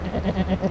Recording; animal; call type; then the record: contact call of a hoofed animal; goat; low-frequency (closed-mouth) or high-frequency (open-mouth) call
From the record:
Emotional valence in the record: negative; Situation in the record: short social isolation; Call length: 0.72 s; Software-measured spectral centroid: 1610 Hz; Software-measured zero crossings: 850 a second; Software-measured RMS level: -24 dBFS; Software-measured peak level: -11 dBFS